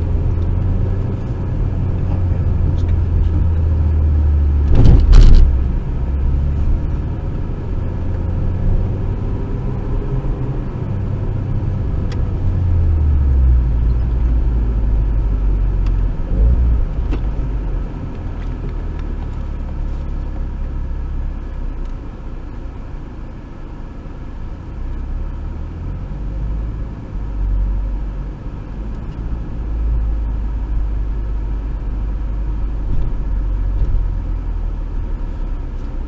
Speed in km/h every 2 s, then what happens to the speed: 33, 29, 27, 27, 30, 35, 32, 31, 19, 14, 8, 7, 7, 10, 10, 11, 10, 7.
0-3 slows to 27. 7-9 speeds up to 35. 11-21 slows to 7. 21-36 steady at about 10.